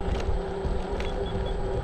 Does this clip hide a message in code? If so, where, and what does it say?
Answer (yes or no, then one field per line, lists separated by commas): no